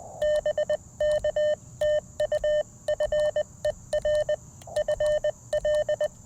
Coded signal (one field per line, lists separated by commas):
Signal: Morse code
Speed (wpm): 20 wpm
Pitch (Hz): 600 Hz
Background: none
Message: BK TU FER FL